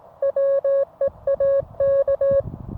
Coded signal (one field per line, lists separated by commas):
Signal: Morse code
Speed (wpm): 18 wpm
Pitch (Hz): 550 Hz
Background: music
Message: WEAK